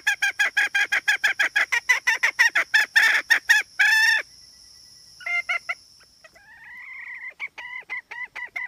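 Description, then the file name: Red junglefowl hen with rapid harsh clucks that slow into softer, spaced notes and a drawn squawk, with a thin steady high whine behind. Female (hen). "tieng ga mai rung"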